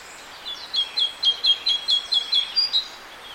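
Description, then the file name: Great tit giving a fast, even series of many short, ringing notes over a couple of seconds. "Parus major"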